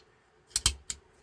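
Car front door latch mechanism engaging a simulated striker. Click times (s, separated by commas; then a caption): 0.6 s. A right-hand front door latch from a 1967 Cadillac Fleetwood is pressed against a simulated striker during a validation test. A sharp click at 0.6 s comes as the latch locks in place, followed by two more snappy mechanical clicks and a faint tick at the end. The latch seats and locks onto the striker.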